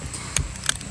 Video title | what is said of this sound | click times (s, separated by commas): The Wazoo Survival Cache Belt - ON Three | it's simple all it does is just kind of snap in place | 0.4 s, 0.7 s